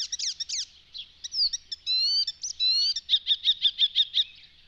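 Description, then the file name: Icterine warbler song, a fast varied medley of high chattering notes, clean whistled slurs and a closing run of repeated sharp notes, all high-pitched. "Spotvogel"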